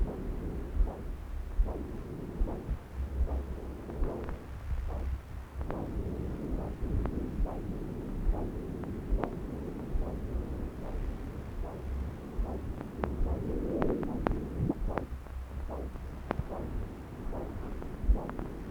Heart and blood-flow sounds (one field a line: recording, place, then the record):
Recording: Doppler ultrasound of blood flow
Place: right subclavian vein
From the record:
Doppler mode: continuous wave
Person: adult scuba diver, at rest before a dive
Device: O'Dive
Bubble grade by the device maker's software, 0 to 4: 1